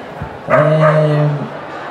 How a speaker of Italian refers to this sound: Oh raga, fate sta zitto sto cane.